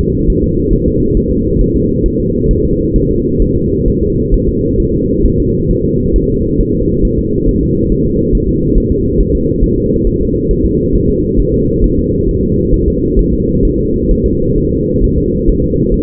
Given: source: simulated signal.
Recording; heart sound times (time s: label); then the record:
fetal heart sounds
0.01 s: S2
0.30 s: S1
0.44 s: S2
0.73 s: S1
0.88 s: S2
1.17 s: S1
1.31 s: S2
1.61 s: S1
1.76 s: S2
2.06 s: S1
2.20 s: S2
2.51 s: S1
2.65 s: S2
2.96 s: S1
3.11 s: S2
3.42 s: S1
3.56 s: S2
3.88 s: S1
4.03 s: S2
4.34 s: S1
4.49 s: S2
4.80 s: S1
4.94 s: S2
5.26 s: S1
5.40 s: S2
5.71 s: S1
5.85 s: S2
6.16 s: S1
6.30 s: S2
6.61 s: S1
6.75 s: S2
7.05 s: S1
7.19 s: S2
7.49 s: S1
7.63 s: S2
7.92 s: S1
8.06 s: S2
8.35 s: S1
8.49 s: S2
8.78 s: S1
8.92 s: S2
9.20 s: S1
9.35 s: S2
9.64 s: S1
9.78 s: S2
10.07 s: S1
10.22 s: S2
10.51 s: S1
10.65 s: S2
10.95 s: S1
11.10 s: S2
11.40 s: S1
11.54 s: S2
11.84 s: S1
11.98 s: S2
12.29 s: S1
12.43 s: S2
12.74 s: S1
12.88 s: S2
13.19 s: S1
13.34 s: S2
13.65 s: S1
13.79 s: S2
14.12 s: S1
14.26 s: S2
14.58 s: S1
14.72 s: S2
15.04 s: S1
15.18 s: S2
15.49 s: S1
15.64 s: S2
15.94 s: S1
From the record:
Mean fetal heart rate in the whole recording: 135 bpm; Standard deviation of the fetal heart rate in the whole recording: 3 bpm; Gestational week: 36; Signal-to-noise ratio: -14.7 dB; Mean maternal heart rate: 72 bpm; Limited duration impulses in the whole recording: present